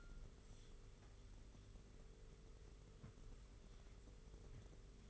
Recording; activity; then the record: daily activity, microphone in the room; wipe stove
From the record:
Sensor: 4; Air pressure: 991.3 hPa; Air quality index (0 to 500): 162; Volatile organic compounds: 155 ppm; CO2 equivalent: 4046 ppm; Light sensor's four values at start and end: 24/80/30/31 and 25/81/30/31